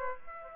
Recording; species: mosquito wingbeat signal from an infrared sensor; Aedes aegypti